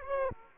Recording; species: mosquito wingbeat signal from an infrared sensor; Aedes aegypti